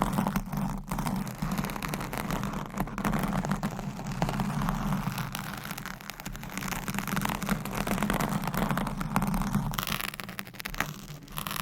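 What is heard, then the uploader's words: Microphone scratching fills the whole twelve seconds: a dense, continuous rubbing and scraping with a steady low rumble underneath. Frequent short clicks and bumps break through irregularly, and the noise turns brighter and hissier in the last couple of seconds. ASMR Mic Scratching - Brain Scratching Brain Melting Asmr No Talking.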